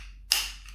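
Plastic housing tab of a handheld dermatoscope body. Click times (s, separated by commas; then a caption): 0.3 s. A screwdriver pries into a gap on the other side of a plastic DermLite 2 handheld dermatoscope body to release the second housing tab. A sharp click sounds at 0.3 s, with a faint tick around 0.7 s, and the second side tab clicks free and is released.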